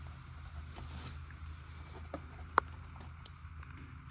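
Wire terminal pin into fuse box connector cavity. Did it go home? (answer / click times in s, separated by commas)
yes / 2.6 s, 3.3 s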